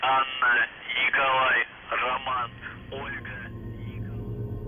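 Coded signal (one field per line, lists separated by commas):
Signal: numbers station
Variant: UVB-76, Russian male voice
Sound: a male voice reads short words over a narrow radio channel, then static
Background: radio static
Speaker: At certain points during the broadcast, the buzz breaks up, and a male Russian voice can be heard reciting encoded messages in the form of numbers and letters.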